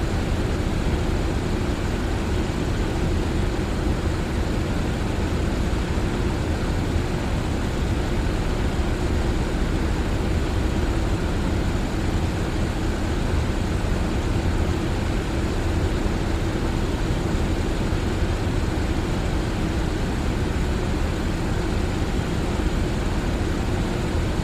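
A fan runs with a steady, dense whoosh, heavy in the low end, with a faint hum and no change throughout.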